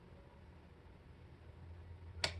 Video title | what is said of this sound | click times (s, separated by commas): Outdoor Kitchen/Part 15/Carcass Assembly | two clicks once I give the two clicks I pull it down and now my client thing is adjusted so | 2.2 s